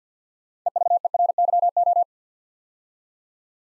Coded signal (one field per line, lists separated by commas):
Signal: Morse code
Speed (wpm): 50 wpm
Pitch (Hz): 700 Hz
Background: none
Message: EVERYO